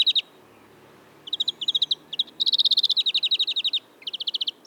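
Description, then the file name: European greenfinch song: short trill, pause, then a long run of rapid repeated notes and trills in quick succession. "Chloris chloris"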